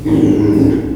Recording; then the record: squeal of a Yucatan mini pig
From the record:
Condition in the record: before surgery on the right vocal fold (resection and tissue-engineered implant); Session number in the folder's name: 1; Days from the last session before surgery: -3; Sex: male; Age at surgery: 12 weeks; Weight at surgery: 13 kg